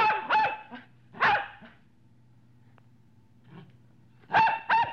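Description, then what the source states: Dog barking in short harmonic bursts, a pair of barks, a single bark, then another pair after a quiet gap, with a faint low hum underneath. Medium-sized dog, barking.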